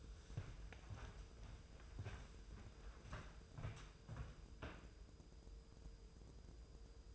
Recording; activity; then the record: daily activity, microphone in the room; walk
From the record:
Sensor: 2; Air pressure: 995.8 hPa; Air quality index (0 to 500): 246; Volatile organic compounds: 1000 ppm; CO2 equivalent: 6092 ppm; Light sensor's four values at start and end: 36/82/38/42 and 33/80/35/39